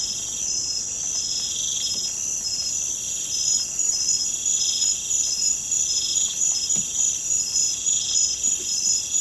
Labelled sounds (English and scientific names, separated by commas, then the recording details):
none
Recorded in pastures near Puerto Asís, Putumayo, Colombia, on 30 June 2025 at 00:00
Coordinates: 0.472, -76.331
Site G095